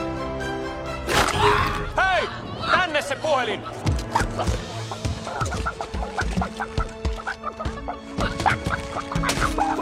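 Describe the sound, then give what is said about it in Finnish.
A flock of chickens clucks nonstop, short overlapping calls and squawks piling up into a busy, chattering din that stays fairly loud throughout. “Iskä, mun ympärillä on lauma ihmissyöjä kanoja.”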